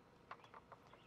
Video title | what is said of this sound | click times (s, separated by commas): This Awesome Pool Vacuum Is Easy To Use | attachment and it just clicks right into place right in here | 0.3 s